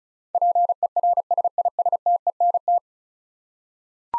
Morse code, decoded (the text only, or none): PERSISTENT